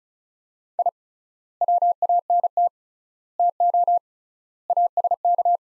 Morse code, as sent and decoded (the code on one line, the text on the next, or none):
.. / .-- .- -. - / - --- / .- ... -.-
I WANT TO ASK